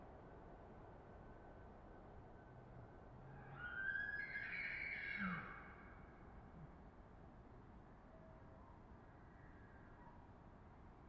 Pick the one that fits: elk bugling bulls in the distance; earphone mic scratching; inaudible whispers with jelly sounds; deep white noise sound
elk bugling bulls in the distance